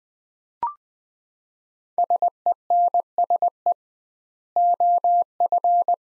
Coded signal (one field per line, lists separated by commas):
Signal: Morse code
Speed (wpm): 20 wpm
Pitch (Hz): 700 Hz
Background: none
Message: SENSE OF